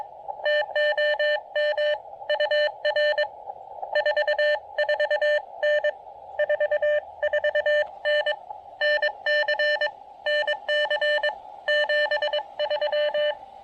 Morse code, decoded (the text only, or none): TOM UR 44N 44N NC NC 73